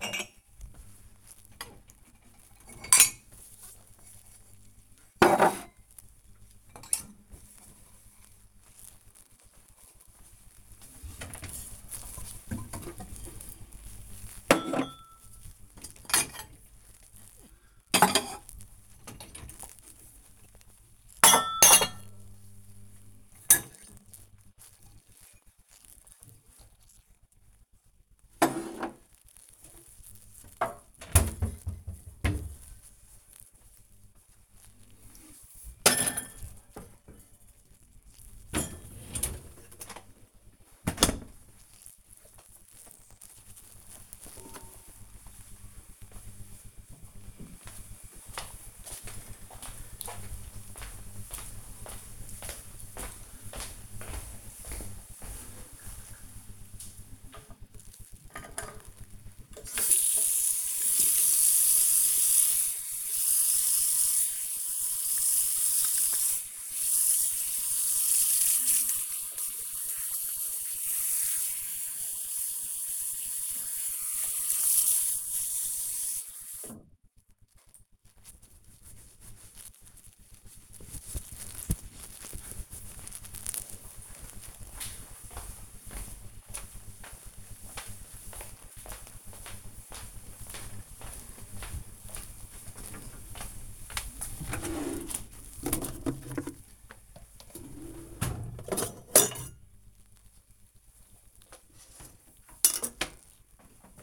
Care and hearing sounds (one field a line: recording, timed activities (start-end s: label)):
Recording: household activities, microphone on the right wrist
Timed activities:
0.00-40.77 s: cleaning out the dishwasher
57.91-77.04 s: washing hands